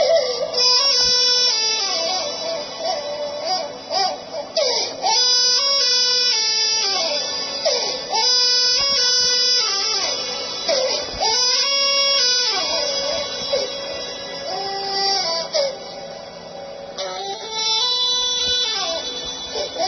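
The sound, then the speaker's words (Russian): A baby wails continuously in long, rising and falling cries with a rhythmic, almost sing-song pitch, sounding thin and tinny, recorded on a mobile phone. “Да, пожалуйста, послушайте, пожалуйста, как плачет ребенок на самом деле молится. Запись мобильного.”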